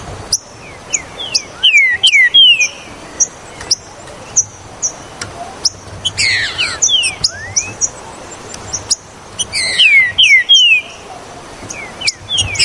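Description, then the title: Green-winged saltator song: several loud down-slurred whistles in two clusters, separated by sharp clicks, buzzy notes and steady high twittering. "Trinca Ferro Ao Maximo Trinca Ferro"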